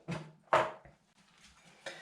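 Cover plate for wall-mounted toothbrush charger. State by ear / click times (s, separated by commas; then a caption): not seated / none. The cover plate for a wall-mounted toothbrush charger is picked up and turned to the right orientation before being pushed onto the charger base, since it only fits one way up. Soft handling knocks and rustles are heard, with the sharpest bump at about 0.5 s and smaller ones near 0.9 s and 1.9 s. Nothing has seated or clicked yet.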